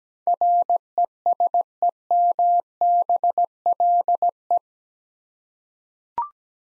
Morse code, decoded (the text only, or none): RESEMBLE